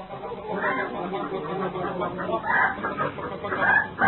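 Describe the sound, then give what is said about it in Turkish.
Several chickens cluck and chatter over one another in a steady, busy murmur, with a few louder, higher squawking bursts rising out of the flock. “Tavuk yoldaşlar, hepiniz beni dinleyin.”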